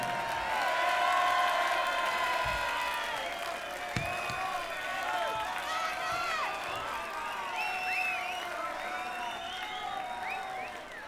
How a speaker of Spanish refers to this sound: Quiero que deis un aplauso muy grande a nuestros 4 pipas,